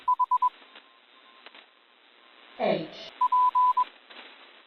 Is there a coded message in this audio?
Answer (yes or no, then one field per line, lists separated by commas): yes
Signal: Morse code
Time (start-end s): 0.1-3.8 s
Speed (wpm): 21 wpm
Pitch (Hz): 1000 Hz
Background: none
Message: H P